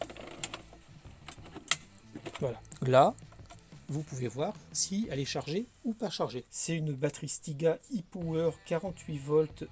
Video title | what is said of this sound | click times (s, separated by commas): Test Stiga Collector 48 S AE Kit : la tondeuse électrique sans fil qui coupe court aux compromis | Ça vient appuyer dessus quand vous la mettez, ça s'enclenche et ça se met en place tout simplement. | 1.7 s